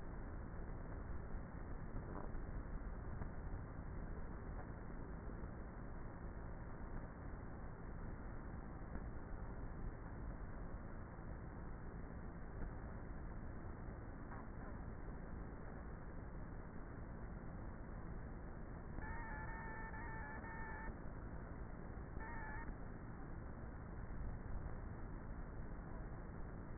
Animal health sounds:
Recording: honeybee colony, microphone inside the hive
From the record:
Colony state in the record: queenless with a low population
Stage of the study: before two queens were removed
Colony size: about 30,000 bees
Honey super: no

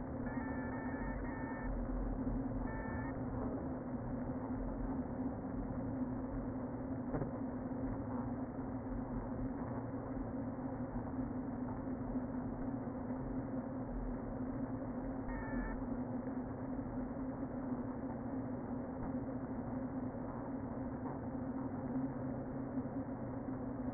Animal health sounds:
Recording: honeybee colony, microphone inside the hive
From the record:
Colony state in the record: queen present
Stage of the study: before two queens were removed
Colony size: about 60,000 bees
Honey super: yes

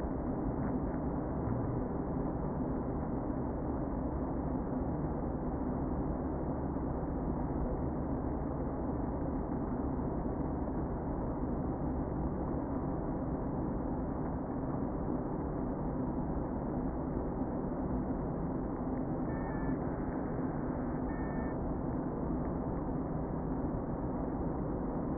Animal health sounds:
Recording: honeybee colony, microphone inside the hive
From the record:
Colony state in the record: queen present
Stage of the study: before two queens were removed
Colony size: about 60,000 bees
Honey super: yes

